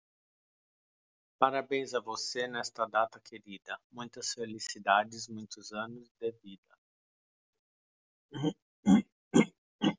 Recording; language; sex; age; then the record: short text; Brazilian Portuguese; male; 40 to 49 years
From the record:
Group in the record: control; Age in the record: 44 years